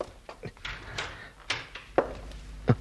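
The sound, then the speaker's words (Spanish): A door is opened, with a series of sharp clicks and soft thumps from the latch and frame spread over a few seconds, the last ones loudest, over a low background hum. “La puerta está abierta.”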